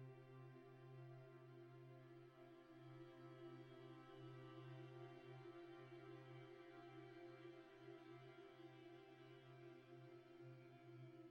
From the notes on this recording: music played backwards and streached out underneath the birds and beasts of the north